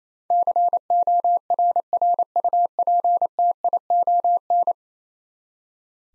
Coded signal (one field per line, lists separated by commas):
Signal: Morse code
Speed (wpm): 28 wpm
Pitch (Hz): 700 Hz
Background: none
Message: CORRUPTION